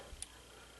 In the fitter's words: right, you'll hear a click, and another click.